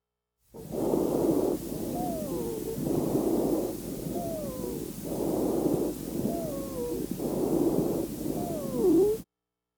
Expiratory wheezes adult peds lung sounds.